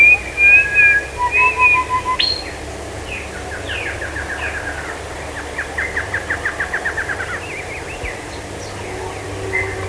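Bird calls: high whistles and a low trill, then downslurred notes and a rapid series of short repeated chips, over a low hum.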